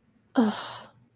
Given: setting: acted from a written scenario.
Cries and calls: vocal sound without words; disappointment

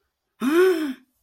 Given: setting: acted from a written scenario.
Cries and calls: vocal sound without words; positive surprise

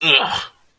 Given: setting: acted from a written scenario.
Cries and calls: vocal sound without words; disgust

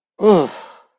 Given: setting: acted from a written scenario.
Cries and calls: vocal sound without words; disgust

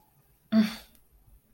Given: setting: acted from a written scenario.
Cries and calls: vocal sound without words; contempt

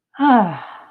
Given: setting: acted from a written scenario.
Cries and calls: vocal sound without words; contentment

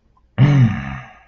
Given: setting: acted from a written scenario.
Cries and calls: vocal sound without words; anger

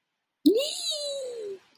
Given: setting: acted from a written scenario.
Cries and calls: vocal sound without words; elation

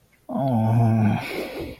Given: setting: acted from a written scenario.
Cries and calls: vocal sound without words; shame

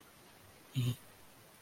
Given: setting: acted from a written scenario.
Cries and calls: vocal sound without words; neutral

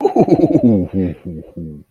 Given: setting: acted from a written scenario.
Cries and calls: vocal sound without words; ecstasy

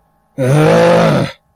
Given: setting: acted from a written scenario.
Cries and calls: vocal sound without words; anger

